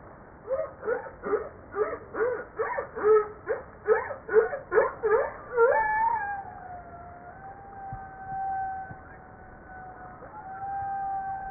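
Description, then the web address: Humpback whale song: a quick run of about fourteen short pulsed grunts, then one long, steady tonal moan lasting several seconds. Recorded 5 March 1994. "humpback 940305"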